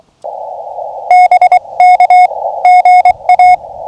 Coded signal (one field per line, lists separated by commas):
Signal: Morse code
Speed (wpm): 23 wpm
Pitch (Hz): 2200 Hz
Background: radio noise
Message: BK GA